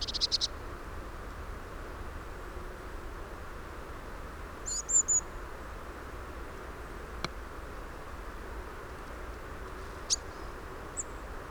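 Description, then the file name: Eurasian blue tit giving brief, thin, very high call notes in three short bursts: at the start, around five seconds, and near ten seconds. A steady low rumble runs underneath. "Cyanistes caeruleus"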